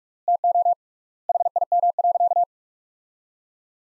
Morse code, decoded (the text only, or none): TO HIM.